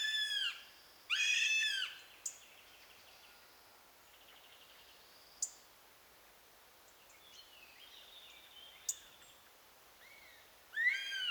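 Eurasian goshawk giving loud, drawn, falling wails at the start and again at the end. A long quiet stretch between holds scattered clicks and faint thin calls.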